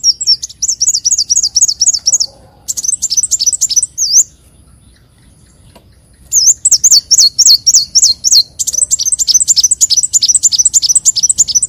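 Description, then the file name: Leafbird singing high, wavering whistled phrases repeated rapidly, broken by a silent gap of about two seconds before the looping notes resume. "Tieng chim xanh tim"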